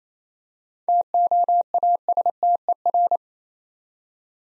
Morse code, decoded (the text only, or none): TOASTER